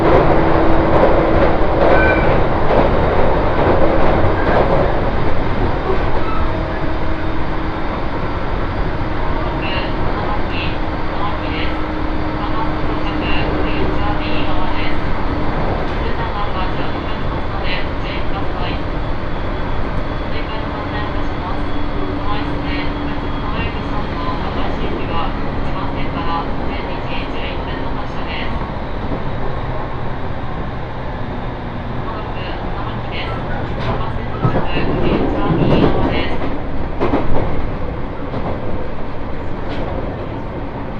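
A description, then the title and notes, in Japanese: A train on the Tohoku Main Line runs northbound from Kitakami toward Morioka, its steady rumble and rattle filling the whole recording. Speech comes through at the start and again here and there. Short clicks and knocks of the carriage recur throughout, with a louder burst near 35 seconds. 東北本線下り 北上→盛岡。701系4両編成。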